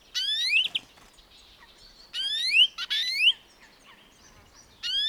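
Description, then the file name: European greenfinch uttering irregularly spaced rising wheezy notes, two close together in the middle, with brief chirps in between. "Chloris chloris"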